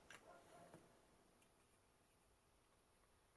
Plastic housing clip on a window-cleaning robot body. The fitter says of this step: Trochę pociągłem w tę stronę. tam kliknęło coś i